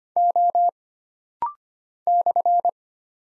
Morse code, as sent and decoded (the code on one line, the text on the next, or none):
--- / -..-.
O /